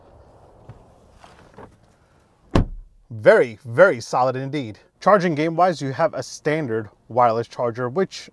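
The door of a 2022 Volvo V90 Cross Country B6 is shut again from inside the cabin, and its latch catches the body striker with a sharp, solid thunk at 2.6 s after a few faint earlier sounds. Someone then talks, calling the closing sound very solid.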